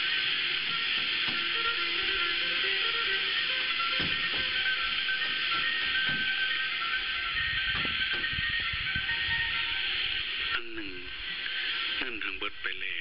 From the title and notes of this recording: Male voiceover and music heard on shortwave radio near Vientiane on the Laos/Thailand border. Music on shortwave radio.